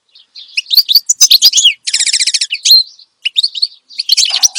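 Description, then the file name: Finch song: high twitters followed by a harsh, rattling buzz, then more chirps and another buzzy ending. Finch described as singing energetically and continuously ('gacor dor'); the recording is meant for tutoring songbirds (masteran). "Suara Kicauan Burung Finch Gacor Dor Cocok Untuk Masteran"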